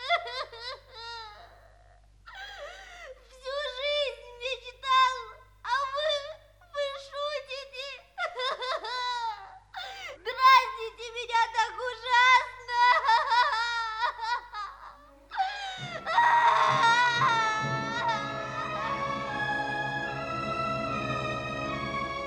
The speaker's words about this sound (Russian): Он весь трясся от плача.